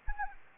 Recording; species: mosquito wingbeat signal from an infrared sensor; Anopheles arabiensis